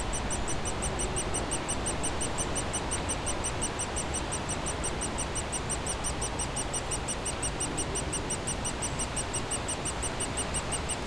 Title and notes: Bois Saint-Martin RH9V+J6 Noisy-le-Grand, France - Oisillons et gros "volatiles" bruyants. Au pied d'un tronc d'arbre mort, les oisillons d'un pic dans leur cavité piaillent continuellement alors que des avions survolent la zone